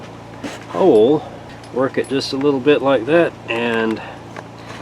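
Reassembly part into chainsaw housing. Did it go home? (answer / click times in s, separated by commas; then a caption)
yes / 4.4 s. While reassembling a Homelite Super 2 chainsaw during a carburetor rebuild, a part is slid into the housing until it meets the hole and is worked a little, with someone talking throughout. A short, sharp click at 4.4 s marks the part popping into place, seated.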